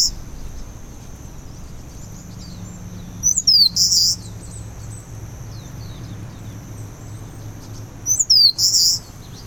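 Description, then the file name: Eastern crowned warbler song: two high phrases, each a few sharp thin notes ending in a harsh buzzy burst, about five seconds apart, over a low steady hum. "warbler-eastern-crowned -Phylloscopus-coronatus"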